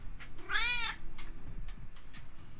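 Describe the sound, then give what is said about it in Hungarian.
An agitated cat named Obika lets out one loud, drawn-out meow with a strained, whiny pitch, followed by softer rustling and faint thumps. “Nem tudom, mi történt a macskával, de teljesen be van gőzölve.”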